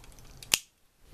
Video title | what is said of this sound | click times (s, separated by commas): Transformers review movie final battle Jazz | then you take this waste piece and flip this up locks into place like so | 0.5 s